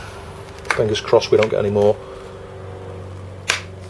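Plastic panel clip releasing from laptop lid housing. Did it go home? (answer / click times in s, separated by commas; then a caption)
released / 3.5 s. Someone talks while prying apart the plastic lid/bezel panel of an HP x360 laptop for a hinge fix. At 3.5 s, one of the retaining clips in the corner lets go from the lid housing with a sharp click, releasing that corner of the panel.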